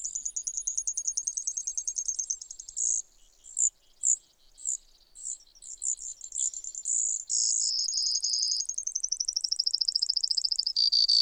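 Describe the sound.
Brewer's sparrow song of very high rattling trills, a few spaced notes, then more trills that drop slightly in pitch, continuing without pause.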